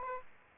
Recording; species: mosquito wingbeat signal from an infrared sensor; Aedes aegypti